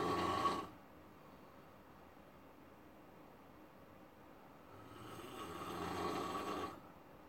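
Snoring from an adult sleeper: a broad, rumbling snore ends the first half-second, followed by a quiet pause and then a second snore building and fading over about two seconds.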